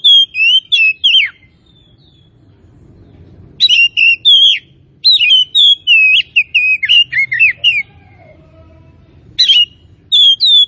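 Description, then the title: Oriental magpie-robin delivering bursts of loud, varied whistles and twittering phrases, with short pauses between them and a faint low hum underneath. Tretes; bird described as singing actively (gacor). "Kacer Tretes"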